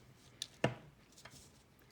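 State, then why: Seated. A metal Zippy extension spacer is pushed by hand onto the sex bolt of an LDY Orion balisong handle. Two sharp clicks are heard at 0.4 s and a louder one at 0.6 s, followed by a faint tap near 1.3 s. The spacer pops into place and is seated on the bolt.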